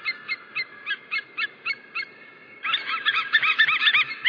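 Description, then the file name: White-tailed eagle yelping calls: a series of sharp, ringing notes about four a second, then a denser, louder burst. "Havørn"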